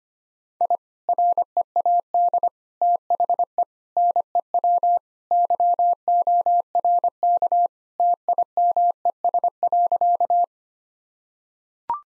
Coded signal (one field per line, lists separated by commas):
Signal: Morse code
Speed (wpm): 25 wpm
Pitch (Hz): 700 Hz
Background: none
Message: I READ THE NEW YORK TIMES.